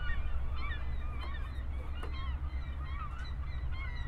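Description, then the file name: Gulls giving repeated short mewing calls, several birds overlapping over a constant low background rumble. Recorded 7 August 2008. "20080807 Seagulls"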